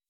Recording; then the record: hydrophone in a shrimp aquaculture tank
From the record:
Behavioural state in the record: weakened